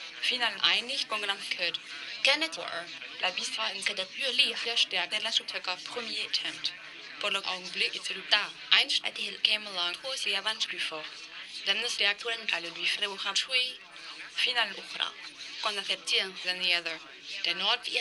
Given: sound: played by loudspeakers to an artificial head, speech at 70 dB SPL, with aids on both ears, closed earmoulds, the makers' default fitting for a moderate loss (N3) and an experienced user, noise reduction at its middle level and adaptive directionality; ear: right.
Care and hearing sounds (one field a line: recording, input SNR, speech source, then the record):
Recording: speech test signal (ISTS) in cocktail-party noise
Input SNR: +9 dB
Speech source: on the right (90 degrees)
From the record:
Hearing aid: class 2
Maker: B